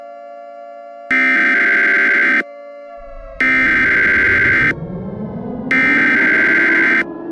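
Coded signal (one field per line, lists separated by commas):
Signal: Emergency Alert System (SAME) tones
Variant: header bursts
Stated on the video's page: Fictional EAS scenario, a fabricated alert rather than a real activation.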